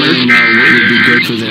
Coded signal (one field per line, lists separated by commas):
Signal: Emergency Alert System (SAME) tones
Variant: header bursts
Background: speech